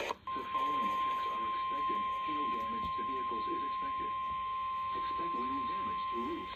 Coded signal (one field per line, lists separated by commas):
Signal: Emergency Alert System (SAME) tones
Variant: 1050 Hz attention tone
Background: speech